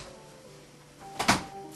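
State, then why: Seated. A carry cot is lowered onto the adapters fitted on both sides of an Inglesina Avio stroller frame. After a quiet stretch, a soft bump at about 1.2 s is followed by a sharp snap at 1.3 s, which then fades away. The carry cot latches in place on the adapters.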